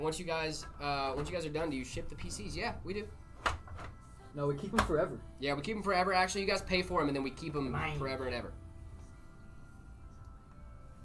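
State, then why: Not seated. A PC component is being handled and pushed toward its slot or mount on the motherboard or case during a live build, while several people talk over background music. A brief sharp sound stands out around 3.7 s. Nothing has seated or clicked yet, because the clip ends just before the part goes home.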